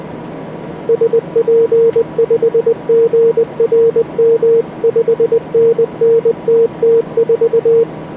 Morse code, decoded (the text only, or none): SP5GRM 5NN TT4